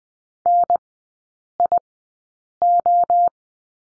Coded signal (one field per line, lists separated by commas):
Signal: Morse code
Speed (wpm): 20 wpm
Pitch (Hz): 700 Hz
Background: none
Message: NIO